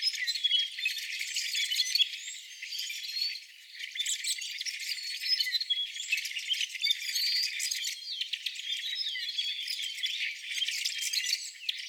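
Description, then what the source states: Rusty blackbirds giving a steady stream of squeaky chips and creaking notes from many birds at once, with other songbirds chirping among them. Rusty blackbirds together with other bird species.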